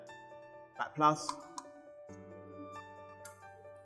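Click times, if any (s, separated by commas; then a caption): 1.6 s. A red positive DC power cable connector is pushed into the battery port of an inverter until it latches, with a sharp click at 1.6 s. Someone talks over background music, and the connector is seated.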